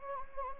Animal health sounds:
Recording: mosquito wingbeat signal from an infrared sensor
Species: Anopheles gambiae

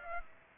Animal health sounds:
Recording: mosquito wingbeat signal from an infrared sensor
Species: Aedes aegypti

